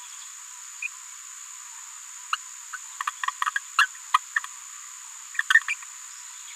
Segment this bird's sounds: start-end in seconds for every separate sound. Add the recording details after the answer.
0.82-0.87, 2.33-2.36, 2.73-2.77, 3.27-3.31, 3.56-3.59, 3.78-3.87, 4.14-4.18, 4.36-4.39, 5.68-5.74. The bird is a female. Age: 27 days. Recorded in a nest box in Venezuela. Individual 17B73B2